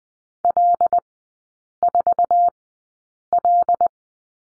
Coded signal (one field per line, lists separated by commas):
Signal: Morse code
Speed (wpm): 20 wpm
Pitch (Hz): 700 Hz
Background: none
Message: L4L